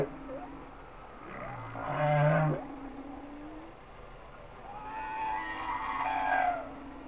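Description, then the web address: Humpback whale song with low grunting units and a harmonic groan, then a long level moaning wail. "Whale Songs Sounds of Nature - Humpback Whales"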